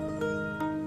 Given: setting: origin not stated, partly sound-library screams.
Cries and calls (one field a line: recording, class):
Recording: one-second piece from a danger detection set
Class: normal situation